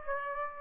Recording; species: mosquito wingbeat signal from an infrared sensor; Aedes aegypti